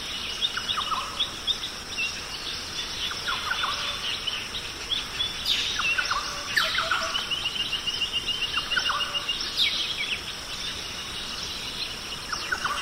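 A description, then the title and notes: Exotic rainforest birds chirp and whistle busily over one another, bright calls coming every second or so above a steady, soft stream hiss. Australian Rainforest. The sounds of exotic birds and gentle streams.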